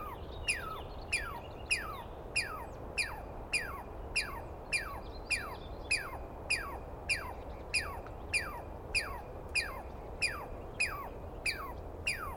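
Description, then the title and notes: Douglas squirrel calling in a fast, steady series of about twenty sharp descending squeals, roughly one every six-tenths of a second, over a low background hum. Wild Douglas pine squirrel screaming at length at dawn on the morning of 21 April 2017 in the East Cascades; identified by its sound, not seen well. "Interview With The Chipmunk. On the morning of 21 April, 2017, I set up my microphones and recorder for a nice dawn recording in the East Cascades. I was started awake by a screaming Douglas Pine Squirrel"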